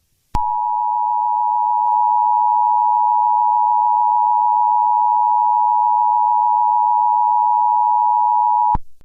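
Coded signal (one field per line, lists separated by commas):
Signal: Emergency Alert System (SAME) tones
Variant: 853 and 960 Hz attention tone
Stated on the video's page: Mock (simulated) EAS tornado warning for Texas.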